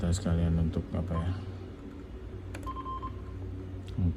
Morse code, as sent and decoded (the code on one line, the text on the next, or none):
none